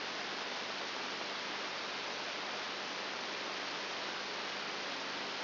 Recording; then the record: brain microelectrode recording played as sound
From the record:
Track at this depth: inside the subthalamic nucleus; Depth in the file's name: 5.9 mm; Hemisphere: right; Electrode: 3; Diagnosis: Parkinson's disease